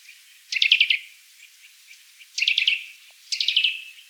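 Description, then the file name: Eurasian nuthatch calling in quick trilled bursts of sharp, high notes, three bursts with a longer pause between the first and second. "Sitta europaea"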